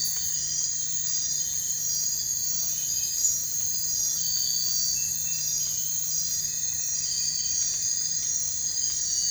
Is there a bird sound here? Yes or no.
no